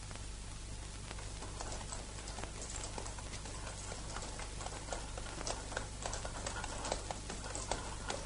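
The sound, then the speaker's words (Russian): A horse plods along a country dirt road pulling a cart, with a woman sitting on it holding the reins, its hooves clopping in an uneven rhythm over a steady low rumble of rolling wheels, with no voices. “По проселочной дороге лошадь везет телегу.”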